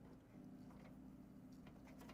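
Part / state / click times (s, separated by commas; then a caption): screw into PC case threaded hole / not seated / none. A regular screwdriver drives a bolt into a threaded hole in a PC case, with a bendy screwdriver as the fallback. Faint scraping and ticking sit over a steady low hum, with a brief sharp tick near 1.7 s. The screw cross-threads instead of threading in cleanly, and nothing has seated or clicked yet.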